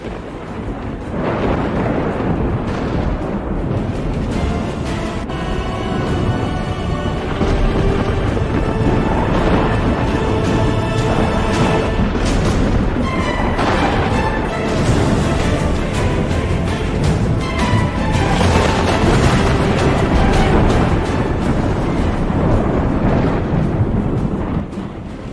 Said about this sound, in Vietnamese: Sấm chớp trên trời đùng đùng dẫn thẳng xuống mặt biển, tạo ra một kỳ cảnh kinh hoàng.